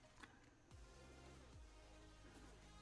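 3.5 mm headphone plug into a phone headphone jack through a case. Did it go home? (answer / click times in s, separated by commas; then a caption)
no / none. A thick Fostex 3.5 mm headphone plug is pushed into the headphone jack of an LG V60 ThinQ 5G through the opening in a Ryphez carbon-fiber-look case, with music playing in the background. A single faint handling tap comes at 0.2 s. Nothing has seated or clicked yet: the plug fails to snap into place because notches on the cable keep it from going in.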